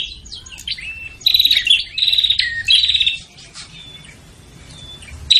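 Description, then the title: Prinia calls: a few sharp chirps, then loud buzzy bursts, followed by soft thin whistles and scattered twitters. Noisy prinia calls used to lure prinias, including Prenjak Kepala Merah (red-headed) and Prenjak Tamu. "Suara Prenjak Ribut Buat Pikat Burung Prenjak Kepala Merah Prenjak Tamu"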